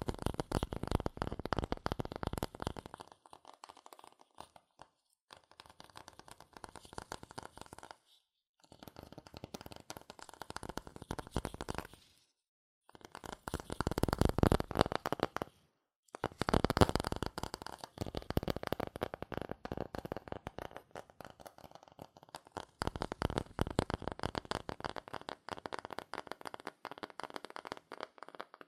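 Fast tapping, scratching and tracing on cardboard and paper, a dense papery clatter of quick, irregular taps and scrapes. The sound comes in bursts separated by brief silences, near 5, 8, 12 and 16 seconds, with some passages softer than others.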